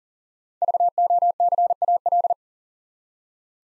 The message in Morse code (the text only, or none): VOCAL